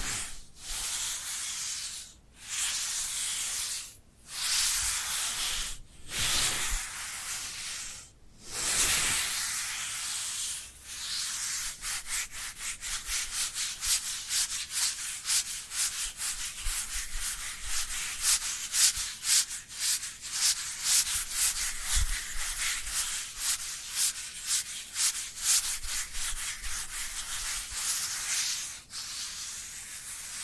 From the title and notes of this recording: Dry Dry Hand Sounds. (No Talking).